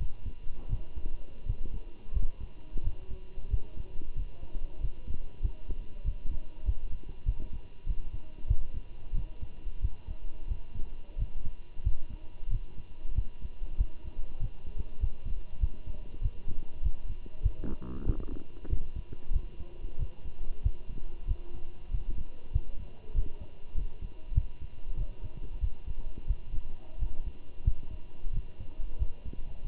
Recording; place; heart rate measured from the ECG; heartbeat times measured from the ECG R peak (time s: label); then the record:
heart sounds by stethoscope; between the tricuspid and mitral areas; 93 bpm
0.70 s: heartbeat
1.47 s: heartbeat
2.14 s: heartbeat
2.84 s: heartbeat
3.51 s: heartbeat
4.16 s: heartbeat
4.81 s: heartbeat
5.43 s: heartbeat
6.05 s: heartbeat
6.66 s: heartbeat
7.26 s: heartbeat
7.87 s: heartbeat
8.48 s: heartbeat
9.15 s: heartbeat
9.82 s: heartbeat
10.48 s: heartbeat
11.19 s: heartbeat
11.84 s: heartbeat
12.51 s: heartbeat
13.16 s: heartbeat
13.78 s: heartbeat
14.40 s: heartbeat
15.01 s: heartbeat
15.61 s: heartbeat
16.22 s: heartbeat
16.83 s: heartbeat
17.43 s: heartbeat
18.06 s: heartbeat
18.70 s: heartbeat
19.33 s: heartbeat
19.99 s: heartbeat
20.64 s: heartbeat
21.28 s: heartbeat
21.92 s: heartbeat
22.54 s: heartbeat
23.15 s: heartbeat
23.76 s: heartbeat
24.35 s: heartbeat
24.97 s: heartbeat
25.61 s: heartbeat
26.28 s: heartbeat
27.00 s: heartbeat
27.65 s: heartbeat
28.34 s: heartbeat
28.99 s: heartbeat
29.65 s: heartbeat
From the record:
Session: walking at 3.7 km/h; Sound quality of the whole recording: good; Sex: male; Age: 23 years